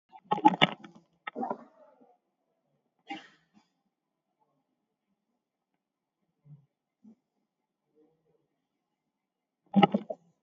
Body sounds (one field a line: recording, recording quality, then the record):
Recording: shallow breathing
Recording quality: poor, much background noise or distortion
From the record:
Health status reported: COVID-19 positive, mild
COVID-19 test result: positive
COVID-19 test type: RT-PCR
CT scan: taken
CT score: 0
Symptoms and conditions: cough, cold, hypertension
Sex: male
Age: 50 years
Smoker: no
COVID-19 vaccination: one dose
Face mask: not worn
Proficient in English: yes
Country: India